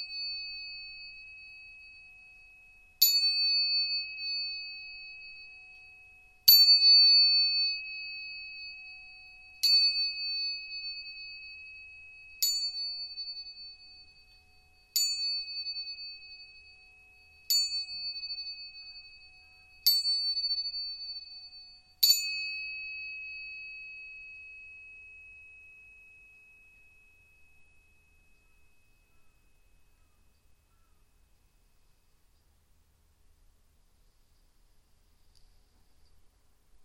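Two tuning forks are struck again and again, about every two to three seconds, from roughly 3 to 22 seconds. Each strike gives a sharp click and then a pure, bright, steady ring that slowly fades. After the last strike the tone dies away into near silence.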